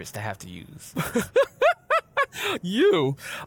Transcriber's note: laughs